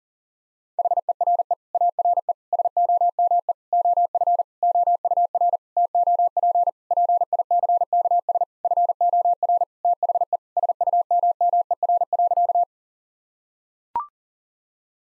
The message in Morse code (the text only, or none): HERE ARE SOME OF OUR TOP PICKS FOR THE SUMMER.